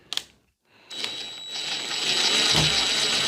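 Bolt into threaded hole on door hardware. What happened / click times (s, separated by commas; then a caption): The bolt thread dropped into engagement with a small click / 0.2 s. A bolt on the door hardware of a Masonite Cheyenne interior door is turned backwards in its threaded hole until its thread drops into engagement with a small click at 0.2 s, which keeps it from cross-threading. Afterward, a steady, broadband mechanical whir builds from about 0.9 s as the bolt is driven in with a ratchet, and the bolt is seated.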